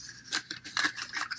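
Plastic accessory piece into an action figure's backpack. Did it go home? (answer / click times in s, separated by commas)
yes / 0.5 s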